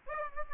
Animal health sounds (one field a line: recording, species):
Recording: mosquito wingbeat signal from an infrared sensor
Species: Aedes aegypti